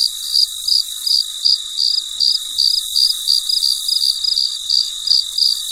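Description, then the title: Cricket chirps, high and pulsing almost three times per second, over a steady shrill drone. Recorded late at night; very quiet. "深夜录制蟋蟀昆虫声"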